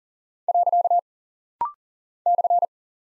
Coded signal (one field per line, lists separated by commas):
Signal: Morse code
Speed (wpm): 41 wpm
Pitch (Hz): 700 Hz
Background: none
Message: . /